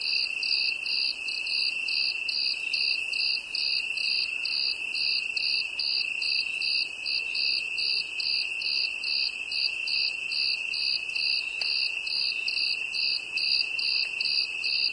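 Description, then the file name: Cricket song: a steady high trilling band with rapid pulsed chirps repeating evenly about twice a second, continuing unbroken throughout, with no other clear sounds. "grillon"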